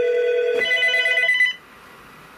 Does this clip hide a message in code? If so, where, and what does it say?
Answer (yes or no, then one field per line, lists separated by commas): no